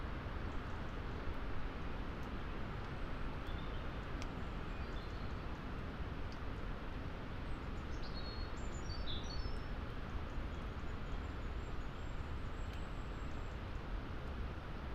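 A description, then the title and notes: Winter gales roar steadily through moorland forest, a dense low rush without pause, with faint bird chirps breaking through around the middle. Moorland forest mid winter gales. To be half way up a lonely Peak District moor, off the puddled track, looking down, into a mixed plantation of tall murmuring trees. Scots pine and spruce. Away from the holly tree, and the microphone box that we carefully tied and angled, so it could be an ear witness of this forest, in winter gales, before the storm.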